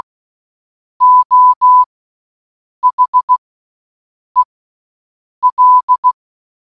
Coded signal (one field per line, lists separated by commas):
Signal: Morse code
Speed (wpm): 16 wpm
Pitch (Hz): 1000 Hz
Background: none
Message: O HEL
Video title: 🔊🔊🔊 Listening To HELLO For ONE HOUR In Morse Code Challenge 🔊🔊🔊